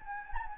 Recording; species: mosquito wingbeat signal from an infrared sensor; Anopheles gambiae